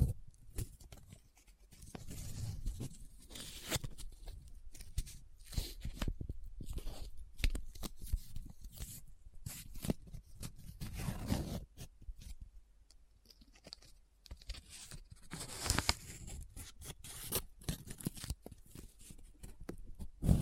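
Paper is handled continuously, with dense, irregular crinkling, rubbing and scratching bursts, brief crisp snaps throughout and a few quieter gaps near 13 seconds.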